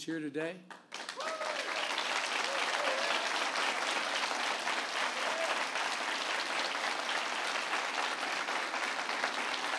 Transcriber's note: applause